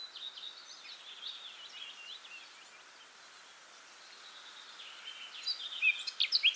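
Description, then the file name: Eurasian blackcap: soft, continuous high twittering that fades in the middle, then breaks into a burst of louder, sharper chirps near the close. "Sylvia atricapilla"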